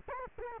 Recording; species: mosquito wingbeat signal from an infrared sensor; Culex quinquefasciatus